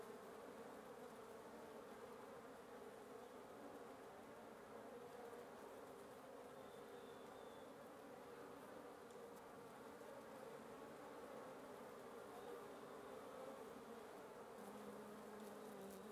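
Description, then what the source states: Wasps buzzing in a dense, continuous drone, many wings humming together. Wasp nest under the roof of the recordist's residence at 1a Avenida Norte 19, Antigua Guatemala, Guatemala; recorded in the morning.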